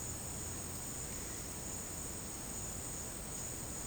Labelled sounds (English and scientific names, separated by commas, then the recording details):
none
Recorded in dense forest near Puerto Asís, Putumayo, Colombia, on 23 June 2025 at 10:30
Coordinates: 0.486, -76.317
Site G065